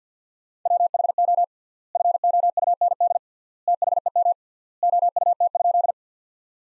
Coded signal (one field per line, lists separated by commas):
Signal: Morse code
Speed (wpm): 50 wpm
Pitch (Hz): 700 Hz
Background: none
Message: WHO FOUND THEM OUT?